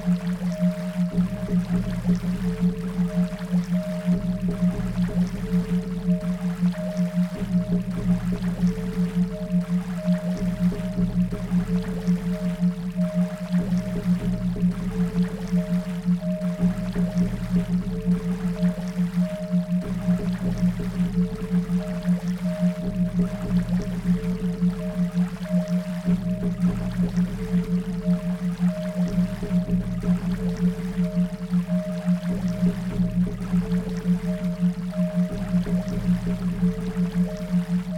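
Binaural beats: a steady low tone hums continuously, with a deeper pulsing layer beneath that shifts pattern every few seconds. Short higher tones blink on and off in a regular sequence above it, over a faint hiss, and the loudness stays level throughout.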